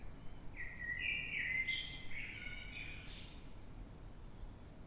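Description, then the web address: Eurasian blackbird song: a rich fluty warbled phrase that rises, then ends in a squeaky high twitter, over a steady low rumble. Recorded in the dead of night, 3:50 am, in London, UK, on 9 March 2026. "Blackbird Dead Of Night. london uk. by eleanor mcdowall"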